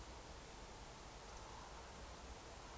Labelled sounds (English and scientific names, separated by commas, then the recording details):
Eurasian Woodcock (Scolopax rusticola) whistle
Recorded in Baden-Württemberg, Germany, on 29 June 2020 at 02:30 UTC
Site 43791, 788 m above sea level